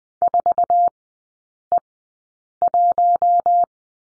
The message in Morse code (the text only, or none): 4E1